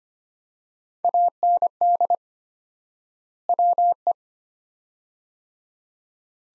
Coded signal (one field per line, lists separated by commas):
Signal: Morse code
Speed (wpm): 25 wpm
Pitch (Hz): 700 Hz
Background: none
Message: AND WE